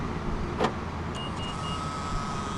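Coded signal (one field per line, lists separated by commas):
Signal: none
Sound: car lock confirmation beeps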